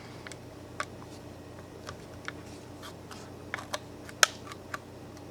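A plastic midframe is pressed down around a Galaxy S5 smartphone housing after the charging port board is fitted, so its clips snap into place one after another. Sharp clicks are heard at 0.8, 2.3, 3.5, 3.7, 4.2 and 4.7 seconds over a quiet background hum, with the loudest at 4.2 seconds. The midframe ends up seated with its clips locked in.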